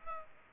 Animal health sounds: mosquito wingbeat signal from an infrared sensor; Aedes aegypti

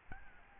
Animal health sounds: mosquito wingbeat signal from an infrared sensor; Aedes albopictus

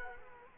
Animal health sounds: mosquito wingbeat signal from an infrared sensor; Culex quinquefasciatus

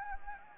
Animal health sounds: mosquito wingbeat signal from an infrared sensor; Anopheles gambiae

